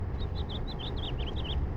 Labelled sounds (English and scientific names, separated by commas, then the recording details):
House Finch (Haemorhous mexicanus) song
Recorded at Valley Stream on Long Island, New York, on 17 June 1975
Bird AD